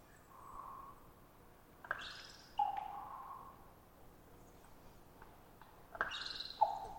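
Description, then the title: Common raven calling: a soft tonal note, then two twittery bursts each followed by a ringing pop, over light background noise. Raven settled about 50 ft above the recordist, some distance away, giving a 'twittery-pop' call: a long trilling twitter before the pop, a few times followed by a gulp or beak snap. "More Raven Twittering-Pop"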